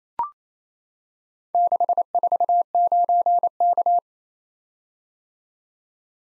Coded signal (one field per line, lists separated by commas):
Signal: Morse code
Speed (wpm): 29 wpm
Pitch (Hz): 700 Hz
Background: none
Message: 649K